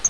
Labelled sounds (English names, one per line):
Black-throated Gray Warbler flight call